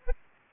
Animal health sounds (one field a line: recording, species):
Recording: mosquito wingbeat signal from an infrared sensor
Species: Aedes aegypti